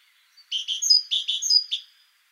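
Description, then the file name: Great tit giving repeated phrases, pairs of notes capped by a high clear whistle, two full phrases and the start of a third. "Parus major"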